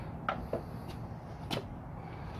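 A heavy steel torque converter is spun and pushed onto a transmission input shaft, and it clunks into the second set of splines at 0.3 s, the second of three clicks. A softer knock follows around 0.5 s, with more faint knocks later against a low background hum. The converter is not yet fully home.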